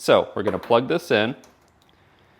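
Someone talks while getting ready to push a new bed-light wiring harness plug into the matching factory-side connector on a 3rd gen Toyota Tacoma. Two faint, brief ticks follow near 1.8 and 1.9 seconds in an otherwise quiet tail. Nothing has seated or clicked yet.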